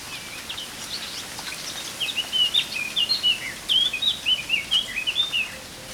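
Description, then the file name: Eurasian blackcap singing a rapid, varied warble of clear whistled notes, faint at first and louder from about two seconds to the end. "Sylvia atricapilla"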